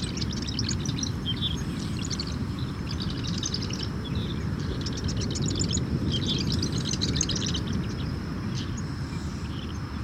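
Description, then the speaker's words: Marsh wren song: bursts of rapid, bubbly, rattling high notes repeated over several seconds, over a steady low rumble. Bubbly song; humid, salty morning at Rockefeller Wildlife Refuge, Louisiana. "A marsh wren. Listen to that bubbly song."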